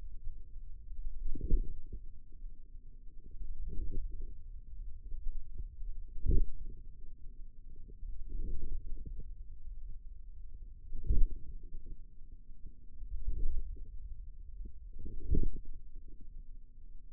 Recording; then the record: forearm muscle sounds (acoustic myography)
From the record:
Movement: hand closing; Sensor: system 2, bracelet of six BSWA MPA416 microphones around the upper forearm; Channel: 3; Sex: female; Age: 22 years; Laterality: right